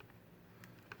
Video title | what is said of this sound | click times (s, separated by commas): Lon Humphrey Retribution and Bridger Alligator Sheath! | you just sort of rotate it until it clicks in like that | 0.9 s